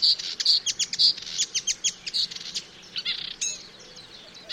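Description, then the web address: Marsh warbler song: a fast, varied run of sharp chirps and trills, fading into softer buzzy phrases. "chant didier collin rousserolle verderolle"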